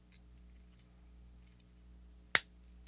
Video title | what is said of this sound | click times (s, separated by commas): GI Joe Classified HasLab Cobra Rattler Unboxing | Ah, all right. It's just everything till it snaps. | 2.4 s